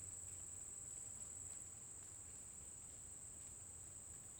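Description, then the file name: Cricket producing an even, high-pitched continuous trill from start to finish, a bird note just beginning at the very end. Constant cricket sound in a forest during the day, with a bird singing at intervals. "Grilo constante na floresta dia passaro canta em intervalos"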